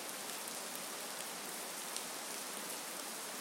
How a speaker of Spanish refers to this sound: ¡Madre mía! ¡Cómo llueve! Esto es debido al cambio climático.